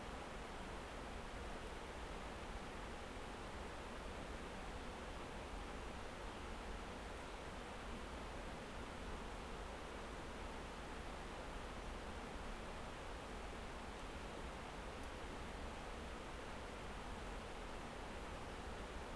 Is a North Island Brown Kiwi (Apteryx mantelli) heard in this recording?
no